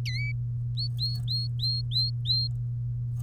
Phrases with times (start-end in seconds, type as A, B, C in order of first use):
0.05-0.32 A, 0.77-2.48 B